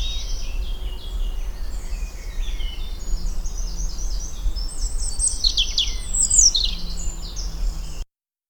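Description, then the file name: European robin song: varied high, thin phrases with sliding notes that grow louder midway, over low rumbling noise, then silence in the last half second. "Erithacus rubecula"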